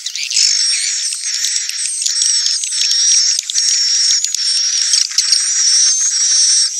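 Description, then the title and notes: Swiftlet chirping in fast, buzzy twittering bursts with short breaks, and a wavering high whistle held throughout. Swiftlet sound used for swiftlet farming in Asia. "Swiflet Bird Sound. Farming Swiflet Bird asia sound"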